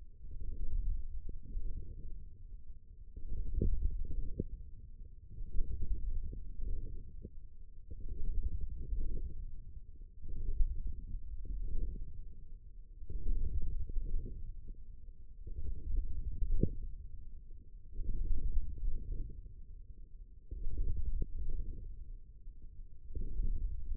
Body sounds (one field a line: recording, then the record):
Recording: forearm muscle sounds (acoustic myography)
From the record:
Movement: wrist flexion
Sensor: system 1, eight BSWA MPA416 microphones around the upper forearm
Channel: 7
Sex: male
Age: 20 years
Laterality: left